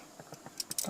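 A screw is being snugged into the housing of an old GM tilt steering column, and a series of sharp ticks and clicks is heard, with a distinct click at 0.8 s. Tightening stops there because the threads are starting to strip out.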